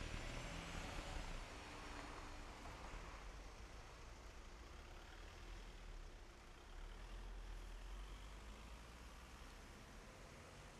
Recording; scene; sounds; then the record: everyday scene through a hearing-aid microphone; in traffic; traffic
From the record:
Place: main road on the outskirts, rush hour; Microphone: behind the ear, left, front